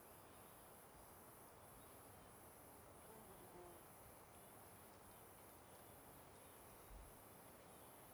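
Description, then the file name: Crickets in a high pulsing buzz repeating evenly, with steady low rushing noise underneath. Crickets at the start of the Simão Correa trail, alongside a river. "Ambiencia Inicio Trilha Simao Correa Beirando o Rio com Grilos e Cigarras"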